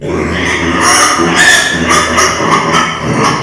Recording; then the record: squeal of a Yucatan mini pig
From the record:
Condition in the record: before surgery on the right vocal fold (resection and tissue-engineered implant); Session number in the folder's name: 2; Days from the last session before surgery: 0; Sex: male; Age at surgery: 12 weeks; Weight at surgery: 13 kg